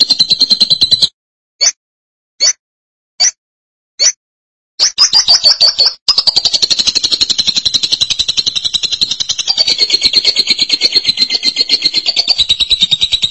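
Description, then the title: Lovebird giving a burst of rapid buzzy chatter, then four short high chirps spaced under a second apart, then breaking into a long, continuous, rapid buzzy chatter. "BM Suara Burung Lovebird"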